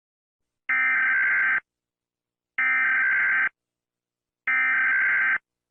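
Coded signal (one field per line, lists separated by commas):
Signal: Emergency Alert System (SAME) tones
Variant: header bursts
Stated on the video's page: Fictional EAS scenario containing valid EAS tones.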